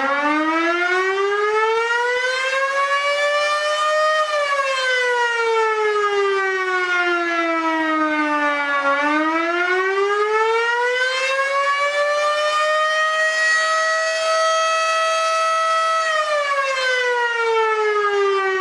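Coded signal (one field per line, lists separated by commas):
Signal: siren signal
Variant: Federal Signal 5-series siren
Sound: loud mechanical siren wailing up and down in slow repeated cycles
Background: outdoor ambience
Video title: Federal Signal Model 5OC Pager/Siren Test, Attack, Bellport, NY 5/18/2023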